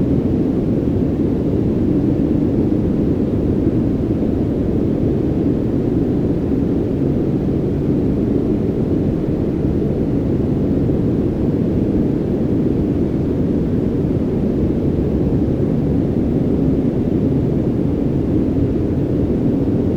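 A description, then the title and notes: A steady wash of white noise, weighted heavily toward the low end, so it sounds like a deep, muffled rumble with little hiss on top. It holds an even level for the whole stretch, with no breaks, changes or separate events. White Noise.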